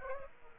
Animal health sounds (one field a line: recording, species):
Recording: mosquito wingbeat signal from an infrared sensor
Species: Aedes aegypti